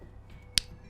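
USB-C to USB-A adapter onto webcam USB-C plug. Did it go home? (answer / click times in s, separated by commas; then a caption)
yes / 0.6 s. A small USB-C to USB-A adapter is pushed onto the USB-C plug of an Anker PowerConf C300 webcam. After a faint soft rustle around 0.3 s, a single sharp, bright click sounds at 0.6 s. The adapter seats firmly.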